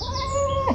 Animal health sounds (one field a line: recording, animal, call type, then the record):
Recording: contact call of a hoofed animal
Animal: goat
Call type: low-frequency (closed-mouth) or high-frequency (open-mouth) call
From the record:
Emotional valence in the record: negative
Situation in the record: short social isolation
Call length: 0.75 s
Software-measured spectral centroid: 2350 Hz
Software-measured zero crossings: 2650 a second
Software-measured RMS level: -24 dBFS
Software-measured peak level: -10 dBFS